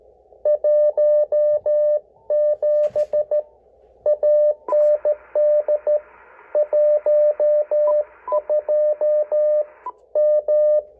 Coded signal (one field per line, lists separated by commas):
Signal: Morse code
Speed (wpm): 14 wpm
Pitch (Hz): 600 Hz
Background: radio noise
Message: 17 AND 12 M